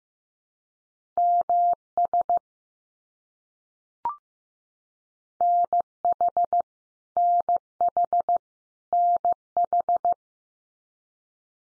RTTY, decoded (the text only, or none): none